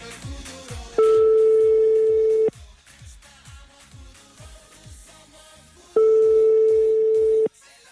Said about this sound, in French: on les appelle sur le téléphone, c'est parti. Et ça sonne déjà, ça sonne déjà.